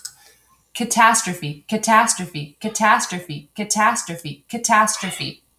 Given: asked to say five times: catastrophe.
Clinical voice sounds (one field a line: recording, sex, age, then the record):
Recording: repeated word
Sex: male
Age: 30 to 39 years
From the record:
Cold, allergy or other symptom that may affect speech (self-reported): no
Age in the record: 32 years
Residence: Washington, United States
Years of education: 16